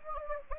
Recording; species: mosquito wingbeat signal from an infrared sensor; Anopheles gambiae